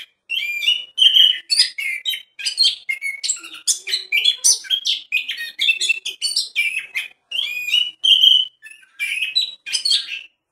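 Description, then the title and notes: Orange-headed Thrush singing a rich, fast run of varied whistles, trills and chirps, high-pitched and nearly continuous, with brief pauses between phrases. "anis_merah. Kicau Burung Anis"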